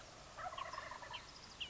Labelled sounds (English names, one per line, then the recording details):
Wild Turkey
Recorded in Sonoma County, California